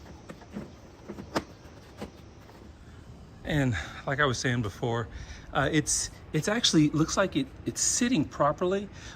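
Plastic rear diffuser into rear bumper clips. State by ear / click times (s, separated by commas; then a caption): not seated / none. The top section of a piano-black plastic NINTE F90 M5-style quad-exhaust rear diffuser (2-piece) for a 2011–2016 BMW F10 M Sport is pressed toward the rear bumper clips while the bumper is still on the car, with a couple of short sharp sounds near 0.3 s and 1.4 s. From about 3.5 s someone talks. Although the diffuser looks like it is sitting properly, the corners have not clicked into place yet.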